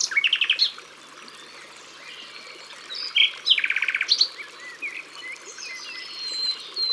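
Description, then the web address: Common nightingale singing clipped notes, then a dry buzzy rattle and sharp whistles, separated by short pauses. "Rossignol-philomele abc-de-la-nature"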